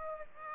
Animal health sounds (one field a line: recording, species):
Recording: mosquito wingbeat signal from an infrared sensor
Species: Aedes aegypti